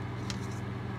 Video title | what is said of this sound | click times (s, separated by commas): Wiper Blade Insert Replacement DIY | going to let it pass over that little notch and click in and lock into place | 0.3 s